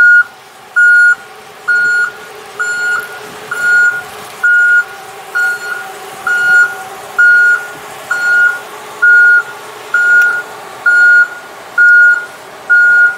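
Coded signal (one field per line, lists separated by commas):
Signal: alarm pattern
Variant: vehicle reversing alarm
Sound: steady high beeps repeating about once a second, roughly 14 beeps, over engine idle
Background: engine idling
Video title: Car Backing Up Beep / Free Sound Effect / #copyrightfree / [ Copyright Free Vehicles & City Sounds ]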